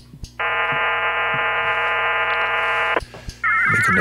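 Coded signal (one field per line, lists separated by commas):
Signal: HF data modem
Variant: VARA FM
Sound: dense buzzing multitone data block for 2.6 seconds, pause, then warbling two-tone chirping burst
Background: low hum, radio static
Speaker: and off we go making the connection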